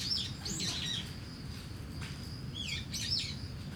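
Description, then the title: Starling song of quick squeaky, slurred notes in two short bursts, with a steady high insect tone and a low background rumble. Singing in a tree in Kiyosumi garden, Tokyo, Japan, with crickets and cars; recorded binaurally with DPA 4060 microphones on a Deity PR-2. "Kiyosumi garden, Tokyo, Japon - Starling in a tree"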